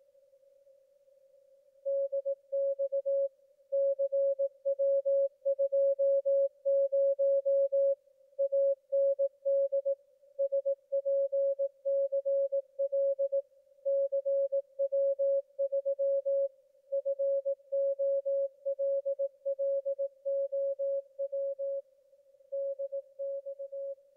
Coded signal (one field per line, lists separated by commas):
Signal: Morse code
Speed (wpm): 18 wpm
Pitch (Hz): 550 Hz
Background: none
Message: DX CW20 AND SPCL CW3 FOLLOW DX